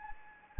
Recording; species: mosquito wingbeat signal from an infrared sensor; Anopheles gambiae